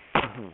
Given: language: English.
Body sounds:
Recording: throat vibration sensor signal played as sound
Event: cough

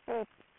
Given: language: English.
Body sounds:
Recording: throat vibration sensor signal played as sound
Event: speech

